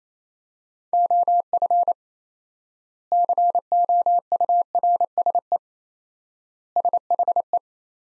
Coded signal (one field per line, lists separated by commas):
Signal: Morse code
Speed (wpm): 27 wpm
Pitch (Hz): 700 Hz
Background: none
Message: OF COURSE SHE